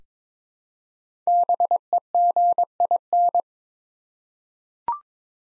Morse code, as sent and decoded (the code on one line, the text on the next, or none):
-... . --. .. -.
BEGIN